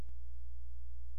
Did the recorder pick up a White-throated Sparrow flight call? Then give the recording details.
no. No flight call is heard. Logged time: 00:01 on 16 September 2014